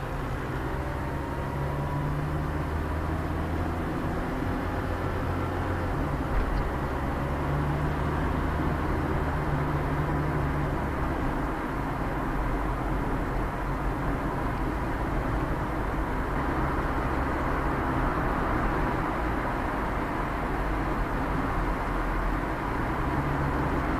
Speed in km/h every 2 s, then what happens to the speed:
40, 42, 42, 41, 42, 41, 41, 41, 43, 44, 45, 44.
0-24 steady at about 42.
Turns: none.